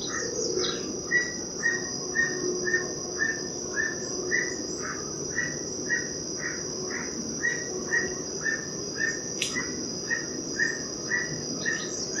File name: aulacorhynchus prasinus